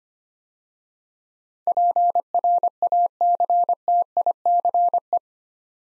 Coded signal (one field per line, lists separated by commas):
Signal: Morse code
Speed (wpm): 25 wpm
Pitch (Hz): 700 Hz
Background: none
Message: PRACTICE